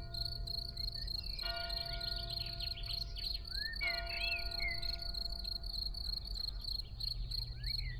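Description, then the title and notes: Field cricket chirps continue steadily while a church bell rings and a blackbird sings. Early summer in a small village, Ettenkirch near Lake Constance, recorded over 14 years ago with Edirol R1 and OKM I microphones; blackbirds, church bells, some cars in background. "Ettenkirch near lake Constance - Early summer scene in a small village. Frühsommerszene in einem kleinen Dorf in der Nähe des Bodensees: Feldgrille, Amseln, Kirchenglocken, Stimmen und einige Autos im Hintergrund"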